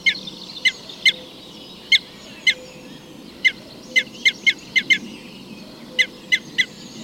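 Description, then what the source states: Red crossbill giving hard, downward-slurred excitement calls, single notes at first, then a quicker run of five or six, with brief pauses between bursts. Type N call type; excitement calls.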